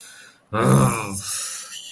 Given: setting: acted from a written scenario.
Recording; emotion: vocal sound without words; contempt